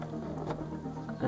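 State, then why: Not seated. A SMAUTOP LED dome light panel with spring-loaded clips is handled and pushed toward a car's plastic dome light housing while music plays, with a brief sharp hit at about 0.5 s. Nothing has seated or clicked yet; the panel is not home by the end of the clip.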